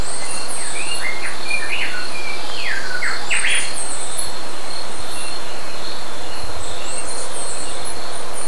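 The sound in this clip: Bird giving brief chirps in a loose burst during the first few seconds, with a continuous shrill insect hum throughout.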